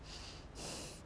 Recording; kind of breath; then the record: one breath in and out by a microphone near the nose and mouth; strong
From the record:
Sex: male